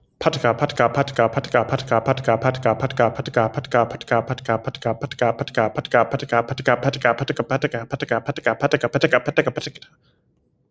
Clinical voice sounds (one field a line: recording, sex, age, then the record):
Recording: repeated syllables /pa ta ka/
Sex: male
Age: 20 to 29 years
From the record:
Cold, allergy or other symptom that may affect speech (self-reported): no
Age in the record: 24 years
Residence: Massachusetts, United States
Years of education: 14